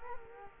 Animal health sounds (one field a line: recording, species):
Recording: mosquito wingbeat signal from an infrared sensor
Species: Culex quinquefasciatus